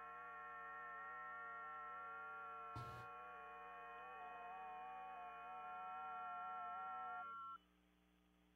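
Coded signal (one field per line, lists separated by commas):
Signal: FT8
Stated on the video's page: FT8 received via SunSDR using TCI interface.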